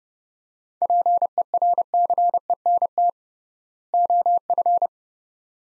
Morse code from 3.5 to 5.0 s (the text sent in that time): OF